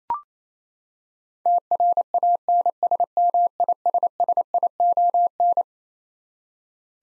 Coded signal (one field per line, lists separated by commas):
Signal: Morse code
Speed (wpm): 27 wpm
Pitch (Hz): 700 Hz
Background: none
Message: TRANSMISSION